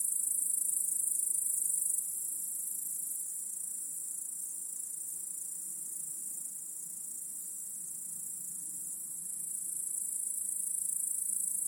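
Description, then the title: High, steady cricket trilling that eases off after two seconds and grows louder again in the final seconds, with a faint low hum. Chorus of crickets in a home backyard, heard in the evening as day turns to night. "Crickets in Your Backyard 🏡"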